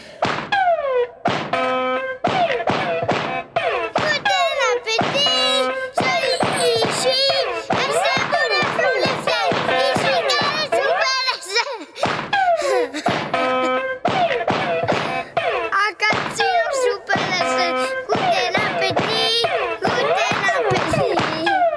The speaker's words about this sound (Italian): Questa è elettronica pura. Questa è sperimentazione. Doppler pad. Sì, sì. È veramente noise.